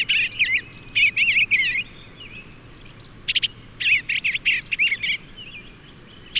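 Bird song: warbling, twisting whistled phrases in several bursts, with a soft steady high tone running beneath.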